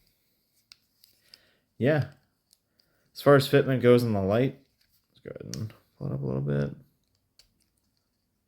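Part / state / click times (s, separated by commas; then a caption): weapon light onto a 1911 pistol accessory rail / not seated / none. A weapon light is handled on a reproduced low-profile accessory rail of a 1911 pistol while someone talks, with a few faint ticks and handling sounds between the words. Nothing has seated or clicked yet when the clip ends.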